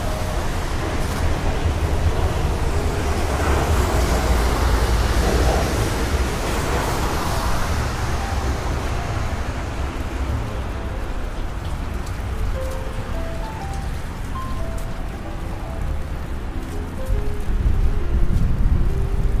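Rain falls steadily over a constant low rumble, with short chirp-like tones scattered through the second half and a louder swell near the end.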